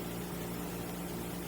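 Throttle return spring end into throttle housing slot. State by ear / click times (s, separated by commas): not seated / none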